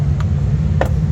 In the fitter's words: and you hear a nice click.